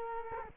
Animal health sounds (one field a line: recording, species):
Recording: mosquito wingbeat signal from an infrared sensor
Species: Culex quinquefasciatus